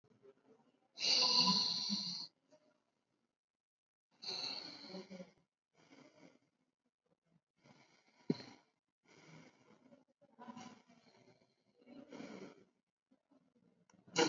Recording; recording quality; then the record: deep breathing; excellent, no background noise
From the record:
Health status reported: COVID-19 positive, mild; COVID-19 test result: positive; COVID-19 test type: RT-PCR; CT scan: taken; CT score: 22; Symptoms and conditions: cough, cold, sore throat, fever, fatigue, muscle pain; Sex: male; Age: 45 years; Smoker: no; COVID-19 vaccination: both doses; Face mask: worn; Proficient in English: yes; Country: India